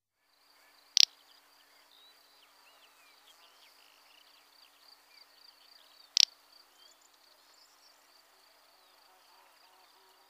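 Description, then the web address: Little bustard giving brief dry snorts, two of them roughly five seconds apart, against a continuous insect buzz. "Outarde canepetiere"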